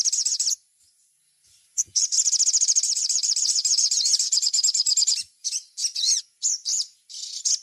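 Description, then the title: Little spiderhunter song: a long, fast, evenly pulsed high trill running about three seconds, then a scatter of sharp chips and brief trilled bursts. Masteran (training recording) for teaching songbirds, labaik type. "Masteran Burung Sogok Ontong Labaik"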